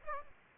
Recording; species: mosquito wingbeat signal from an infrared sensor; Aedes aegypti